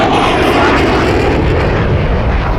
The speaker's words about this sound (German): Nein, diese scheiß Flugzeuge! Die kommen jetzt jeden Tag! Was ist da eigentlich los?